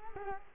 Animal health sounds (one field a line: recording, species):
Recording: mosquito wingbeat signal from an infrared sensor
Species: Culex quinquefasciatus